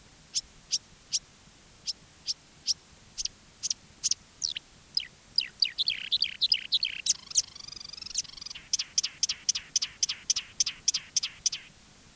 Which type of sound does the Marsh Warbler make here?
song